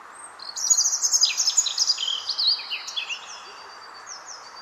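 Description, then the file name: European robin song: one long tumbling phrase of high, sweet whistles and rapid trills that fades into a few thin notes, with background hiss. "Erithacus rubecula"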